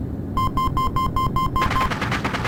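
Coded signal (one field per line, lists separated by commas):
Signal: none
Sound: a game's missile warning beeps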